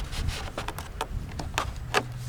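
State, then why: Not seated. The second wing panel of an FMS ASW-17 powered aerobatic model glider is being handled and slid toward the fuselage wing catch, giving a series of short taps and knocks over a low background hum. Nothing has seated or clicked yet; the wing has not latched by the end of the clip.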